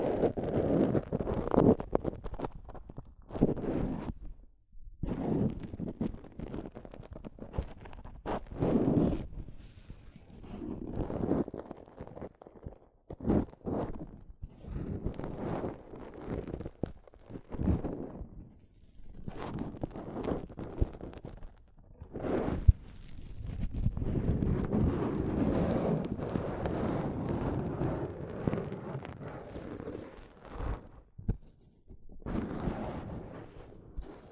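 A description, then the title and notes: Soft fabric brushes over a microphone in uneven rubbing swipes, dull, with brief silent gaps and a longer, denser stretch near the end. ASMR Mic Brushing using Soft Fabric (No Talking).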